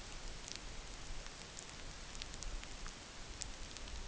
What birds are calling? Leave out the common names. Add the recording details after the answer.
none. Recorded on Arctic tundra, site NAIT-1, on 27 June 2019. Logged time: 20:00